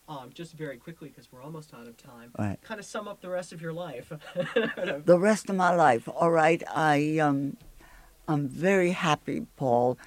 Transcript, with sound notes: Just very quickly because we are almost out of time...
Right.
Kind of sum up the rest of your life. (they laugh)
The rest of my life. All right, I'm very happy, Paul.